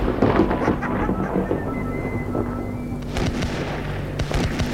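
Several sharp gunshots crack out close by, irregularly spaced, over a steady low rumbling background with a faint droning tone.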